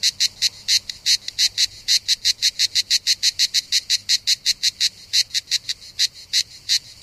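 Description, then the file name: Cicada calling with a steady series of harsh buzzy pulses, several per second, bright and high-pitched. Recorded 3 September 2009, around 07:33 in the morning. "Cigales"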